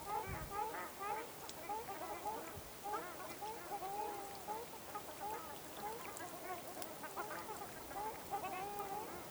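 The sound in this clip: Ruddy shelduck calls, a continuous chatter of short nasal honks from several birds, with repeated clipped notes throughout.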